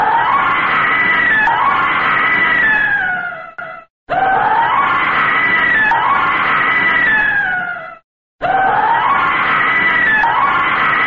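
A woman screams in terror, in long, piercing cries that rise and then slide downward, each lasting about three to four seconds. The screams are loud and bright, separated by brief silent gaps near four and eight seconds, the pattern repeating almost identically.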